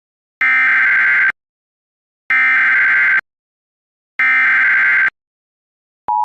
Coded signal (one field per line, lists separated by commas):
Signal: Emergency Alert System (SAME) tones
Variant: header bursts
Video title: EAS Scenario 12: EAS Malfunction (10 Subscriber Special)